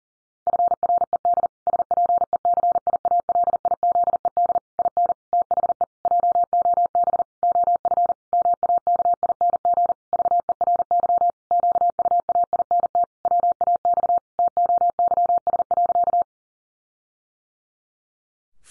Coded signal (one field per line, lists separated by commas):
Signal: Morse code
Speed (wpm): 40 wpm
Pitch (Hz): 700 Hz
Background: none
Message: FRED SPECIALIZED IN THE JOB OF MAKING VERY QUAINT WAX TOYS.